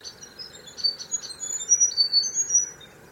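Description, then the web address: Unidentified bird calling, a series of high thin whistled chirps repeated rapidly over three seconds, with a faint steady hum beneath. Call recorded in mangroves; species unidentified. "Sound Effects-Foundation 1 BIRD UNKNOWN MAGROVES CALL"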